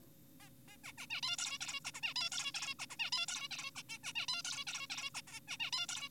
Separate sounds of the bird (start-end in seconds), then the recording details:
0.40-0.50, 0.68-0.77, 0.84-0.92, 0.98-1.06, 1.10-1.21, 1.23-1.36, 1.38-1.58, 1.61-1.80, 1.85-1.92, 1.94-2.01, 2.03-2.14, 2.16-2.30, 2.32-2.52, 2.54-2.74, 2.79-2.86, 2.90-2.96, 3.00-3.10, 3.12-3.26, 3.28-3.48, 3.51-3.71, 3.76-3.83, 3.89-3.98, 4.04-4.13, 4.16-4.26, 4.28-4.42, 4.45-4.65, 4.67-4.87, 4.90-5.10, 5.15-5.22, 5.28-5.40, 5.48-5.57, 5.60-5.71, 5.73-5.87, 5.89-6.09. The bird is an adult. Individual g4p5U